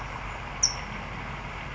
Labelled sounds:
California Towhee
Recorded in Sonoma County, California

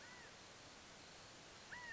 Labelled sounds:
California Quail
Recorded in Sonoma County, California

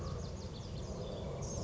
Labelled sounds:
Blue-gray Gnatcatcher
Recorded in Sonoma County, California

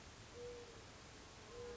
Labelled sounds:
Mourning Dove
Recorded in Sonoma County, California

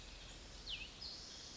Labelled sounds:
Cassin's Vireo
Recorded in Sonoma County, California

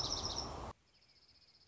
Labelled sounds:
Dark-eyed Junco
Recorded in Sonoma County, California

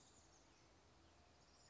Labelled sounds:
Chestnut-backed Chickadee
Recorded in Sonoma County, California

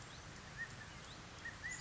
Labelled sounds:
California Quail
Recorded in Sonoma County, California

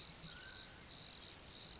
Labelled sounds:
Mountain Quail
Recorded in Sonoma County, California

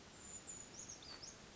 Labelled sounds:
Brown Creeper
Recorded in Sonoma County, California

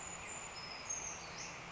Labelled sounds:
Brown Creeper
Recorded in Sonoma County, California

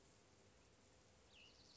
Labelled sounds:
Cassin's Vireo
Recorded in Sonoma County, California

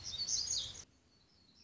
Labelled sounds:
Black-throated Gray Warbler
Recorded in Sonoma County, California

